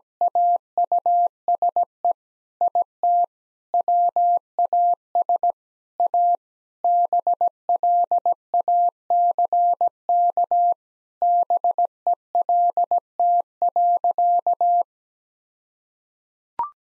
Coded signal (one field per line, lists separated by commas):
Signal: Morse code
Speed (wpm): 17 wpm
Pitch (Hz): 700 Hz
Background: none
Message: AUSE IT WAS A BLACK BELT.